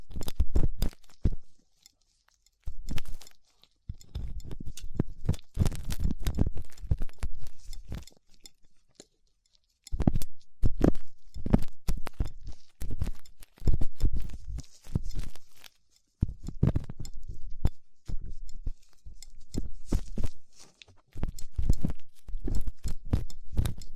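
Ear cleaning with latex gloves, a dental pick and cotton swabs: irregular scratchy rubs and crinkles in bursts, separated by brief silent pauses.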